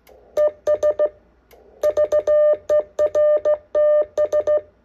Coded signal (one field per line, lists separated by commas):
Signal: Morse code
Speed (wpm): 16 wpm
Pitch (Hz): 600 Hz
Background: none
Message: ES VERTS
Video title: STRAIGHT KEY MORSE CODE PRACTICE